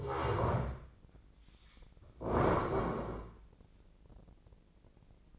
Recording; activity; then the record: daily activity, microphone in the room; stand up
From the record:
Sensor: 5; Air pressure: 1012.4 hPa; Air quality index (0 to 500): 154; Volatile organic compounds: 2 ppm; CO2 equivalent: 1054 ppm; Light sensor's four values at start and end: 263/628/269/299 and 259/619/265/294